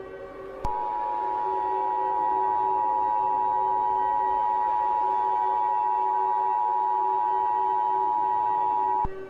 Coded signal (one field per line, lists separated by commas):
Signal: Emergency Alert System (SAME) tones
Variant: 853 and 960 Hz attention tone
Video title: GX4-25 an EAS Scenario